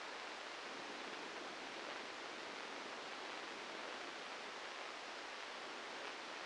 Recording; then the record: brain microelectrode recording played as sound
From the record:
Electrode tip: outside the subthalamic nucleus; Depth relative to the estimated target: -2 mm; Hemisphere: left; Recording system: NeuroSet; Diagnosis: Parkinson's disease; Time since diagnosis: 13 years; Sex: male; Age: 63 years